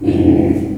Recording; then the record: squeal of a Yucatan mini pig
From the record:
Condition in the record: before surgery on the right vocal fold (resection and tissue-engineered implant); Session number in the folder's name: 1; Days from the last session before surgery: -21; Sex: female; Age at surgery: 19 weeks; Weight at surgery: 25 kg